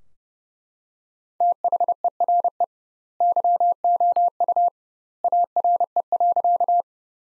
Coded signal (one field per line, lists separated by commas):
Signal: Morse code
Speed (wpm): 30 wpm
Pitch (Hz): 700 Hz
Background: none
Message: THERE YOU ARE.